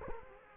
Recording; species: mosquito wingbeat signal from an infrared sensor; Culex quinquefasciatus